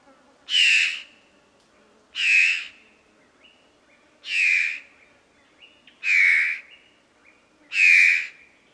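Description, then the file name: Fawn-breasted bowerbird calls: five grating, buzzy notes with a whistled core, spaced about one and a half to two seconds apart over a quiet background. "Chla Cerv"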